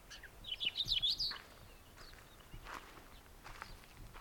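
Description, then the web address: Hume's wheatear producing one quick run of high, twisting chattery notes, followed by a few faint scattered clicks and soft rustles. "Hume's wheatear. صدای-پرنده-چکچک-شکم-سفید"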